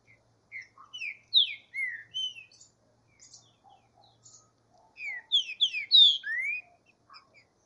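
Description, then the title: Green-winged saltator delivering two phrases of ringing, slurred whistles with scattered faint chips and soft notes in the gap between them. Bird warming up its song in the bush. "Canto De Trinca Ferro. Esquentando trinca-ferro no mato"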